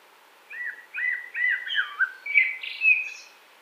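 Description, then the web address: Eurasian blackbird singing one phrase of rich, warbled whistles that dip and rise, then finishes with a thin, high, scratchy twitter. Recorded 20 March 2021. "2021 03 20-cherny drozd"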